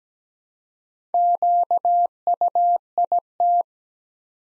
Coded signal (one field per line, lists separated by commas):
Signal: Morse code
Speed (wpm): 17 wpm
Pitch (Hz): 700 Hz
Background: none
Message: QUIT